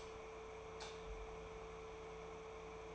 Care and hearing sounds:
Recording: daily activity, microphone in the room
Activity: light off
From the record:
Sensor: 1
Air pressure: 1014.8 hPa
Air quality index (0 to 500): 186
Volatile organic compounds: 18 ppm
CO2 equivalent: 2635 ppm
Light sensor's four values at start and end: 36/96/39/46 and 34/84/36/43

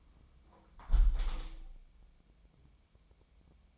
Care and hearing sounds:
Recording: daily activity, microphone in the room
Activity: close window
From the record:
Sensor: 1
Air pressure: 1014.9 hPa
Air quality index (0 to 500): 32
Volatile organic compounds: 1 ppm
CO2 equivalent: 546 ppm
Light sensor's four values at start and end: 11/26/10/11 and 10/25/10/11

